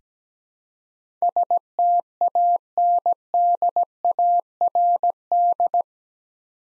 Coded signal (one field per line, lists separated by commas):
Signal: Morse code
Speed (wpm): 17 wpm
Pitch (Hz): 700 Hz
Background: none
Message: STANDARD